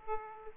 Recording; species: mosquito wingbeat signal from an infrared sensor; Aedes aegypti